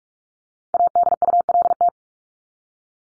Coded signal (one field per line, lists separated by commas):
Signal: Morse code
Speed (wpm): 44 wpm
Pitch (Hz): 700 Hz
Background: none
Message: ADULT